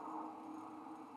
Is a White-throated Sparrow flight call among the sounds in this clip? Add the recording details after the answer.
no. No flight call is heard. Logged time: 01:46 on 5 December 2014